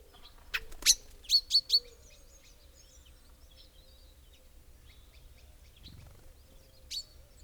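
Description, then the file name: Common chaffinch calls: a burst of loud, sharp chipping notes, four or five in quick succession, then quiet with one more call near the end and a faint low background hum. "Fringilla coelebs"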